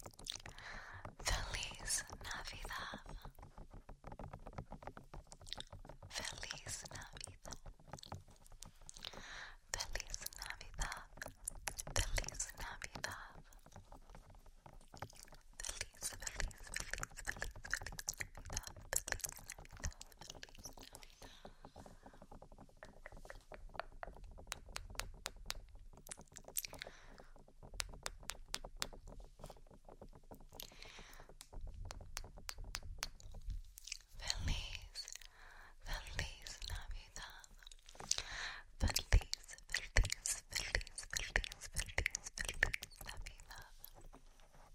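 Wet mouth sounds and kisses crackle in dense, irregular bursts, with soft whispery breaths and a brief quiet pause around thirty-three seconds.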